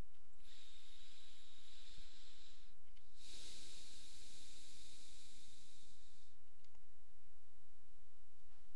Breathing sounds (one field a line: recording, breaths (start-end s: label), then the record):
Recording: nose breathing near a microphone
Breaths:
0.16-2.86 s: inhalation
2.86-6.46 s: exhalation
From the record:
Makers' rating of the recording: medium